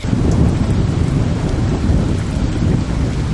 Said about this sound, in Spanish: Luego empezó a llover.